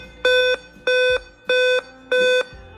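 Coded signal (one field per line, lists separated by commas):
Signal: beep code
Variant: Dell laptop BIOS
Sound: four short, evenly spaced, buzzy electronic beeps about half a second apart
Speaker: After taking a break, the same 5 short beeps continue in the same way, and this continues on the computer.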